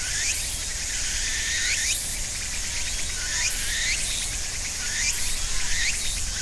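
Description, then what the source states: Repeated rising, whistle-like cicada notes recurring every second or so above a constant shrill insect hiss. Cicadas and other insects at end of summer in ornamental cherry trees between a small river and residential neighborhood, Japan; about 13:00; traffic audible; Sony PCM-M10, quasi-binaural EM172 mics on tree trunk.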